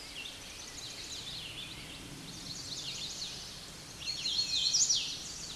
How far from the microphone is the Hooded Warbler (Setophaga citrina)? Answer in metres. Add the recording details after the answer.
about 15 m. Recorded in a Pennsylvania forest on 16 May 2024 at 09:38. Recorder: AudioMoth, point MSD-2181. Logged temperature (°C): 12.8 °C. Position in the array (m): 165 m, 110 m